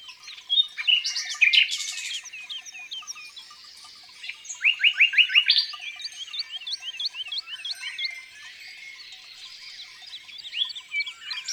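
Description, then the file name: Common nightingale: songbird singing varied phrases: sharp loud bursts, a quick run of deeper repeated notes, then lighter repeated chirps. Singing in the countryside. "Rossignol philomele Chants doiseaux dans la campagne"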